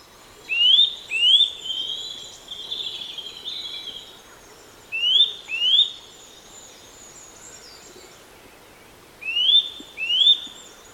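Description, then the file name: Eurasian nuthatch calling in quick pairs of rising whistled notes, repeated three times, the first pair followed by a longer note; faint high chirps in the background. "Sitta europaea"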